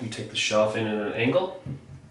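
A shelf is tilted in at an angle toward four clips fitted with shelf holders on a ScrapBox Studio Tower craft storage tower, while someone talks throughout. The shelf is only being handled here, and nothing has seated or clicked into the shelf clips yet.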